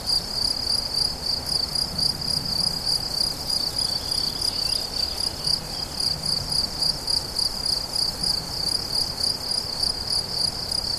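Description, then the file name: Cricket song of high pulsed chirps, around three to four per second. Crickets recorded 17 July 2013 at La Fortiche on an MZ-N710 recorder. "mz-n 710 grillons la fortiche 17 07 13"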